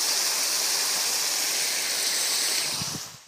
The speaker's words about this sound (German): Bisschen Wasser in eine alte Verpackung. Voilà. Und einmal durchschütteln, damit auch alles genutzt wird, was im Glas ist. Uff, jetzt ist meine Hand zu nass.